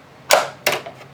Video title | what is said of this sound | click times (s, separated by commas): Slave I Vintage Collection Review + How to fix wings | you'll hear a satisfying click | 0.3 s, 0.7 s